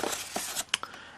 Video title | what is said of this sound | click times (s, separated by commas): BT-16 Spirt Air 12 volt airbrush compressor review | our airbrush stand which clicks into place | 0.7 s